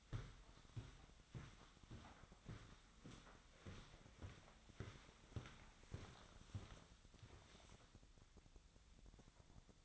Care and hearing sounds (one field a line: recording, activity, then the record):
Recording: daily activity, microphone in the room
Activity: walk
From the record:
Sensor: 3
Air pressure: 1009.3 hPa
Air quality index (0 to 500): 193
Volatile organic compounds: 4 ppm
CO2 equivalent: 1558 ppm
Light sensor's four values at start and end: 57/147/65/67 and 34/82/38/41